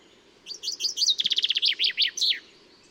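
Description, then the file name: Common chaffinch singing one full strophe: several high chips, a rapid rattling trill in the middle, then falling slurred notes and a short terminal flourish. "Fringilla coelebs"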